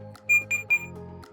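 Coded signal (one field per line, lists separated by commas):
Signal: beep code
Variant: Ovesco remOVE DC impulse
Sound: three short high-pitched beeps in quick succession over a low hum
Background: low electrical hum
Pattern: 3 short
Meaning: Device is ready for the next use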